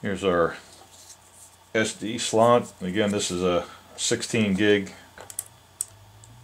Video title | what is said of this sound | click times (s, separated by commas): Moultrie M880i Gen 2 - Review and Game Cam Tips | you heard it click in there. | 5.8 s